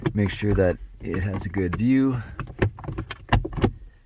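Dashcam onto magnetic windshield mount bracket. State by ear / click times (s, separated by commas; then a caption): seated / 3.3 s. Someone talks while placing a Nextbase 622GW dashcam onto its magnetic mounting bracket on the windshield, behind the rear-view mirror of a 2009 Nissan Murano, followed by a few short plastic clicks and taps. The dashcam snaps into place on the magnetic mount at 3.3 s.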